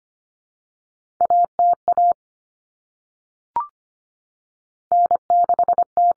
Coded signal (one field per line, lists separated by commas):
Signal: Morse code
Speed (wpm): 25 wpm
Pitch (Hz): 700 Hz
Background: none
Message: ATA N6T